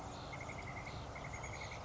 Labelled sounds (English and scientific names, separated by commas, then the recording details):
Chestnut-backed Chickadee (Poecile rufescens)
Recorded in Sonoma County, California